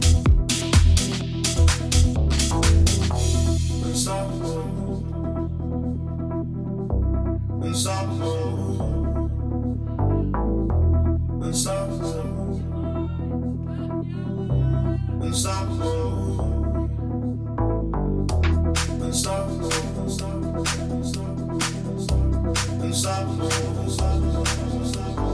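Soundscape from Jesendorf filled with steady low droning tones and regular sharp beats, busiest at the start and again after eighteen seconds.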